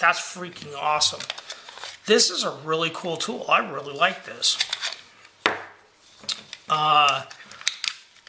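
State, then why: Seated. A folding part of a metal multitool is clicked into its locked position in the tool body, seating with a sharp click at 7.7 seconds. Someone talks throughout, and a few other light handling clicks and taps are heard around it.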